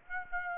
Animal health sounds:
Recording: mosquito wingbeat signal from an infrared sensor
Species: Aedes aegypti

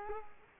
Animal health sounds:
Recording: mosquito wingbeat signal from an infrared sensor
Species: Culex quinquefasciatus

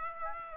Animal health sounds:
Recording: mosquito wingbeat signal from an infrared sensor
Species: Aedes aegypti

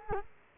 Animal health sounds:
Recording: mosquito wingbeat signal from an infrared sensor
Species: Culex quinquefasciatus

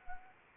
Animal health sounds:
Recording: mosquito wingbeat signal from an infrared sensor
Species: Anopheles arabiensis

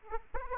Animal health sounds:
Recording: mosquito wingbeat signal from an infrared sensor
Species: Aedes aegypti

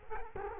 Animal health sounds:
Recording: mosquito wingbeat signal from an infrared sensor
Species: Culex quinquefasciatus

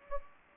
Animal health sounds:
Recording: mosquito wingbeat signal from an infrared sensor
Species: Anopheles arabiensis

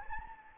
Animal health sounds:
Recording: mosquito wingbeat signal from an infrared sensor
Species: Anopheles gambiae

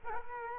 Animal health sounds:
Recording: mosquito wingbeat signal from an infrared sensor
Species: Culex quinquefasciatus

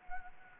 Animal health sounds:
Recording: mosquito wingbeat signal from an infrared sensor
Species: Anopheles gambiae

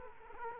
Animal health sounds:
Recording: mosquito wingbeat signal from an infrared sensor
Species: Aedes aegypti

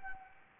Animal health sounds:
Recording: mosquito wingbeat signal from an infrared sensor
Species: Anopheles arabiensis

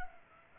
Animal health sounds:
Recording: mosquito wingbeat signal from an infrared sensor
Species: Culex pipiens

